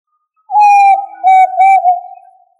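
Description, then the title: Tinamou call: one sustained plaintive whistle lasting roughly two seconds, steady in pitch with small wobbles before fading out. Tinamou family, also labelled as quail. "Familia Tinamidae - Quail - Puyuh"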